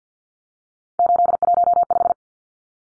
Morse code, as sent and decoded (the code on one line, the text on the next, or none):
---.. .---- .....
815